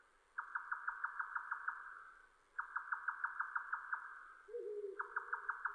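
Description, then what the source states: Grey nightjar calling with sharp, clipped notes in rapid runs of eight or nine, with a lower wavering sound near the end. Recorded 7 May 2005.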